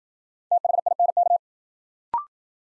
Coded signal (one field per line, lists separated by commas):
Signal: Morse code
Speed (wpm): 53 wpm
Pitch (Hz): 700 Hz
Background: none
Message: THINK